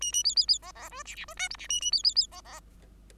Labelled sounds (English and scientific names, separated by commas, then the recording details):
Bengalese Finch (Lonchura striata domestica) song
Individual Bird5